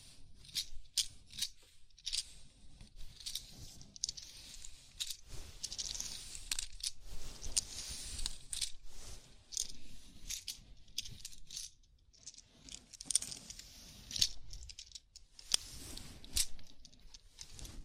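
A scalp massage, heard as fingers rubbing and scratching through hair, with dense crackling rustles that swell and fade in irregular bursts. Sharp little clicks and snaps dot the rubbing throughout. The sound thins to near quiet briefly around twelve and fifteen seconds.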